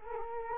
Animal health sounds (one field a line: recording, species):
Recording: mosquito wingbeat signal from an infrared sensor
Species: Culex quinquefasciatus